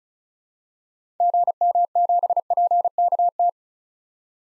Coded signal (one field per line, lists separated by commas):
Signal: Morse code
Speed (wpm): 36 wpm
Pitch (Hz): 700 Hz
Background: none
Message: GM7PKT